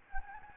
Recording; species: mosquito wingbeat signal from an infrared sensor; Anopheles gambiae